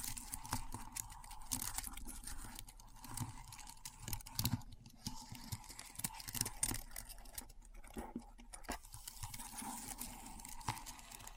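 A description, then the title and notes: Keyboard keys clatter in a busy stream of quick taps and clicks, uneven in rhythm, with a few heavier strikes around the fourth and eighth seconds. A steady low hum and a faint mid-pitched tone sit underneath throughout. ASMR Keyboard Sounds (No Talking).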